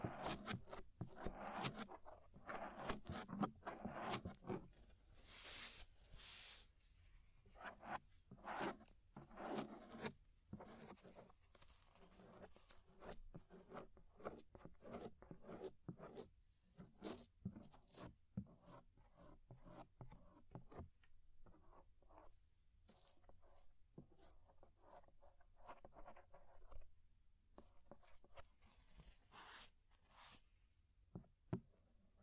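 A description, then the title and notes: Ear scraping fills the clip with dense, irregular scratches and rubbing strokes, sharp and bright, some ticking crisply. The first five seconds are busiest and loudest, then strokes thin out into shorter scrapes with small pauses, continuing unevenly to the end. Inner and Outer Ear Scraping (No Talking).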